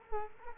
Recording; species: mosquito wingbeat signal from an infrared sensor; Culex quinquefasciatus